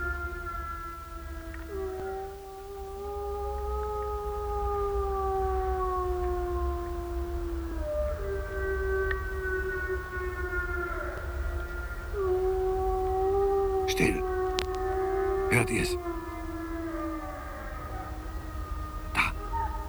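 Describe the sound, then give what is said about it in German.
Several wolves howl in long, overlapping, sliding tones that rise and fall slowly, over a low steady rumble, with a few sharp clicks near the end. “Doch nun zuerst der Wolf.”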